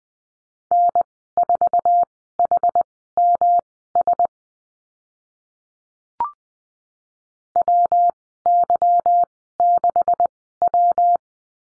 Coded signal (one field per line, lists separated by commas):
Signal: Morse code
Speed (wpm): 20 wpm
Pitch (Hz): 700 Hz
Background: none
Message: N4HMS WY6W